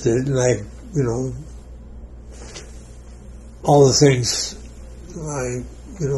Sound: none

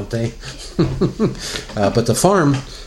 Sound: laughs

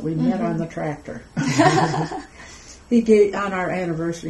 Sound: laughs

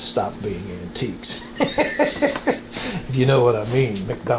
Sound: laugh

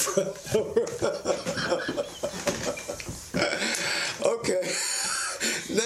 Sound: laughs

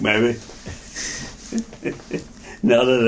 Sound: laughter

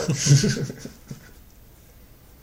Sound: laughter

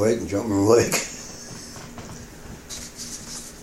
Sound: laughter

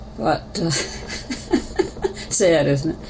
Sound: laughter

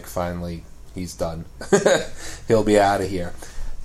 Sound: laughter

